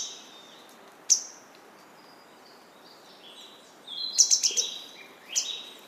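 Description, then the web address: Grey wagtail calls: a sharp high single note, then a quick cluster of thin, piercing notes, and one more call near the end, over faint hiss. "izumino saunndo kisekirei"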